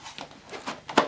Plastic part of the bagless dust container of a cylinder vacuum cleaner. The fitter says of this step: no there we there we go that's locked into place